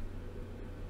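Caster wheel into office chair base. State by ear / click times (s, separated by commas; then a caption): not seated / none. A caster wheel stem is being handled at the base of a Modern Home Zuna mid-back office chair, one of several casters to fit, before it is pushed in. Only a steady low hum with broadband noise is heard, with no sharp transients. Nothing has seated or clicked yet.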